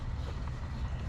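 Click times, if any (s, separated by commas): none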